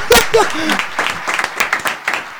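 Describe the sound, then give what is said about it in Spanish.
A crowd applauds with dense, steady clapping that carries through the whole moment, while a few raised voices whoop and call out briefly at the start. “Fuerte el aplauso para vamos.”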